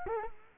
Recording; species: mosquito wingbeat signal from an infrared sensor; Culex quinquefasciatus